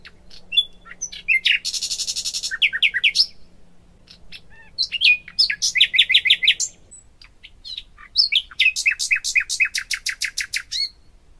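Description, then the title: Flycatcher (sikatan londo) song: buzzy rattles and fast series of repeated notes, in several rapid bursts separated by short gaps, high and energetic throughout. Masteran training recording for cage birds, fast full-speed song with densely packed phrases. "Suara Burung Sikatan Londo Masteran Tembakan Full Speed Rapet"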